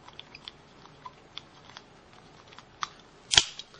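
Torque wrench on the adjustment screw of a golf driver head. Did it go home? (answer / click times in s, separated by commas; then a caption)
yes / 3.4 s. A supplied torque wrench tightens the adjustable hosel/sole screw on a TaylorMade R11 golf driver head, with a few faint ticks and small clicks as it turns. The wrench gives a loud, sharp click at 3.4 seconds when it reaches its set torque, locking the screw in place.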